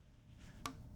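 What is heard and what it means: A plastic arrow nock is pushed onto a compound bow's string between the D-loop. It snaps on with one short, sharp click at 0.7 s over a quiet background. The arrow is seated on the string.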